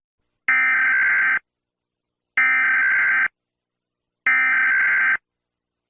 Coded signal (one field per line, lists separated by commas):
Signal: Emergency Alert System (SAME) tones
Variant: header bursts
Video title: Ranking EAS alarms from around the world don't forget to like and subscribe enjoy the video